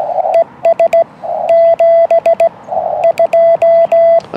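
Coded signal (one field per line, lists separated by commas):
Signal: Morse code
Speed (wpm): 17 wpm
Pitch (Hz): 670 Hz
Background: radio noise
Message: ES 72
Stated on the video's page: 2xQRP CW contact on 40m using a YouKits mono-band transceiver and tri-band linked dipole, operated outdoors portable in rain.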